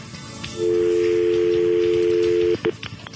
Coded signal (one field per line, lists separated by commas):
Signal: telephone call progress tone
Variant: North America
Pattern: dial tone